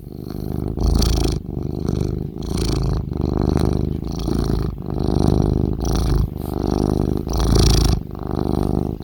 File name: Cat Purr